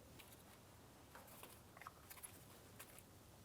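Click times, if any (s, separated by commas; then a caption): none. An electrical connector is being handled and lined up to press onto a new transfer case shift motor on a 2007-2014 GMC Sierra 2500 HD 6.0L V8. Faint, scattered ticks and light rustling sound over low background noise, with small sharp taps near 1.2, 1.8, 1.9 and 2.8 seconds. Nothing has seated or clicked in yet.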